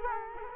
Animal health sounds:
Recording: mosquito wingbeat signal from an infrared sensor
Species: Culex quinquefasciatus

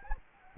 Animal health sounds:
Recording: mosquito wingbeat signal from an infrared sensor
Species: Anopheles gambiae

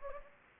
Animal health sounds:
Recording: mosquito wingbeat signal from an infrared sensor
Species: Anopheles gambiae

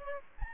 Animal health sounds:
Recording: mosquito wingbeat signal from an infrared sensor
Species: Aedes aegypti

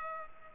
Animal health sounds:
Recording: mosquito wingbeat signal from an infrared sensor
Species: Culex pipiens

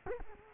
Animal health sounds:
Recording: mosquito wingbeat signal from an infrared sensor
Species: Culex quinquefasciatus

